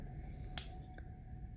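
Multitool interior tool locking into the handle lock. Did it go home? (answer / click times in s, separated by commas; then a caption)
yes / 0.6 s. An interior tool on a Leatherman Charge TTI multitool, with titanium scales and upgraded blade steel, is swung open until its liner lock engages in the handle. A sharp, bright click at 0.6 s marks the lock seating, followed by a much fainter tick at 1.0 s over a low steady hum. The tool is locked open.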